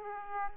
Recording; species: mosquito wingbeat signal from an infrared sensor; Aedes aegypti